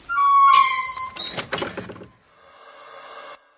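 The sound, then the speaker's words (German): A large dog, walking with a man, gives a short, high-pitched whine, then a burst of scuffling, snuffling noises, before a faint, steady hum takes over and cuts off. “Da hinten kommt ein Mann mit einem großen Hund.”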